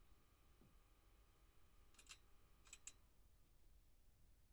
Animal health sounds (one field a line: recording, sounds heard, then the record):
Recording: poultry house recording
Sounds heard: no chicken sound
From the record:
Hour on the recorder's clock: 0